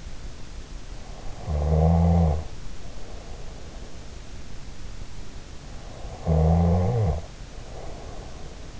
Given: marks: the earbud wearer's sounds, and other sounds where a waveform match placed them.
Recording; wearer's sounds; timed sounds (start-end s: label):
sounds in sleep by an in-ear microphone; snoring breath
1.34-3.83 s: snoring breath
5.96-8.80 s: snoring breath